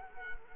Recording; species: mosquito wingbeat signal from an infrared sensor; Culex quinquefasciatus